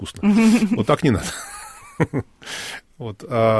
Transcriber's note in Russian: Смеется